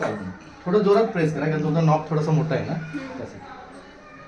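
A press-on ring/knob is being handled onto its base unit, with the ring's edge to be pressed down harder because the knob is large. Only someone talking is heard, and the part has not seated or clicked into place yet.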